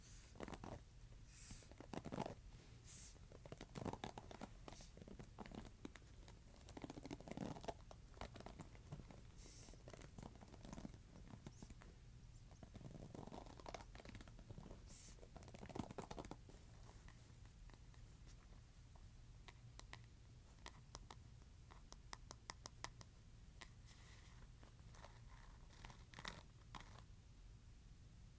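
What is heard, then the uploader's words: A hairbrush scratches in quick, irregular strokes, each a short rasping burst with a bright, hissy edge. The strokes come thick and fairly loud through the first half, then thin out and soften. A steady low hum runs underneath throughout. ASMR Scratching Hairbrush.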